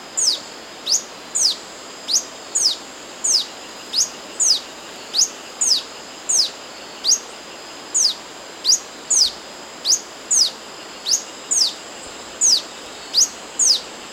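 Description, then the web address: Yellow-throated bush tanager song: a long series of many high, piercing slurred notes. Recorded in Ecuador. "S America Birds of Ecuador. Yellow-throated Bush-Tanager"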